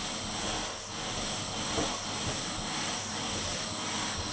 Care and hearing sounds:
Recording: daily activity, microphone in the room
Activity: vacuum cleaning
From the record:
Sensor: 4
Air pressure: 1011.1 hPa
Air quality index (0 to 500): 150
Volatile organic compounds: 3 ppm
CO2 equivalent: 1532 ppm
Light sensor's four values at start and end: 86/229/96/100 and 84/223/93/98

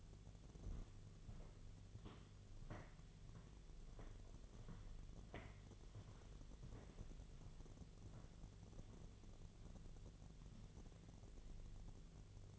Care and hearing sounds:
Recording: daily activity, microphone in the room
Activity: walk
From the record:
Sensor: 4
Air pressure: 1009.2 hPa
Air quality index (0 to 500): 171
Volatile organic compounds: 5 ppm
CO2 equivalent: 1719 ppm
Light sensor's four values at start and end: 25/77/29/29 and 25/77/29/28

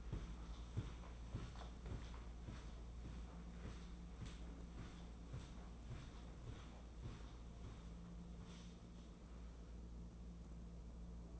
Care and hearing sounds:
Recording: daily activity, microphone in the room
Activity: walk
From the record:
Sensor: 1

